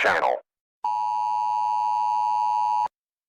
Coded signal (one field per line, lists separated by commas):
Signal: Emergency Alert System (SAME) tones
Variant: 853 and 960 Hz attention tone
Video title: EAS scenario: Kee Hat#s Me 4 (FULL)